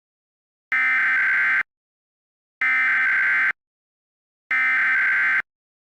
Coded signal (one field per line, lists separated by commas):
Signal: Emergency Alert System (SAME) tones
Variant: header bursts